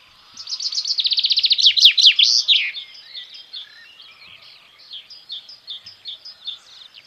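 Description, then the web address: Common chaffinch song: a fast trill of bright notes ending in a loud flourish, followed by softer chirping. "Deverinetal 2025 File origin Bird Only Fr Co"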